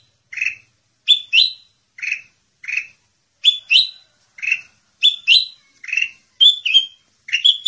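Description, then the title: Sooty-headed bulbul calling with clipped, bubbly chirps, often paired, repeated steadily with short gaps; a clean background without other noise. "Suara Burung Kutilang"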